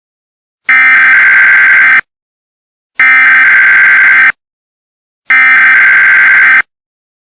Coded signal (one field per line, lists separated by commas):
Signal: Emergency Alert System (SAME) tones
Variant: header bursts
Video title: EAS Scenario #10 The Ultimate Deadly Virus